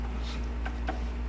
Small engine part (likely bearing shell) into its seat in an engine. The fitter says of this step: good just snap it in place if